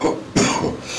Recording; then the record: coughing mixed with background sound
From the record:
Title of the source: Spring Cold Coughing 3